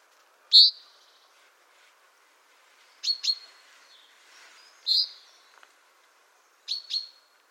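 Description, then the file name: Chaffinch calls: brief bright high notes, single or paired, spaced a couple of seconds apart, with faint background hiss. "Fringilla coelebs"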